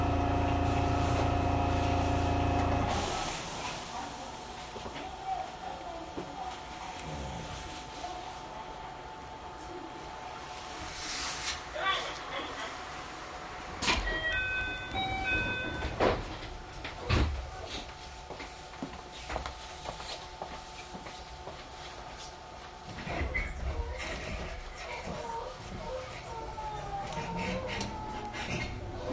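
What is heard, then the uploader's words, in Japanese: Recorded aboard a JR 221 series train running from Nara toward JR Namba, the clip opens with a loud steady low drone and hum for about three seconds, then drops to a quieter rolling rumble. Clanks and knocks come irregularly, with brief tones near fifteen seconds and faint voices. JR221系 奈良→JR難波。関西本線（大和路線）で録音をしました。車体は普通鋼製である。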